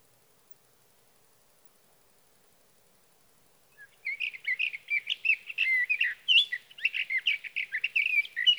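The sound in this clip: Sage thrasher: silence for nearly four seconds, then a sage thrasher starts a rapid, continuous warbling song of varied slurred notes that runs to the end.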